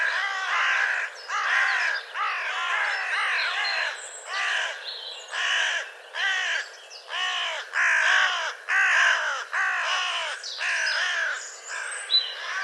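Bird giving harsh, harmonic cawing calls, each arched in pitch, repeated roughly once a second in a long steady series with short gaps.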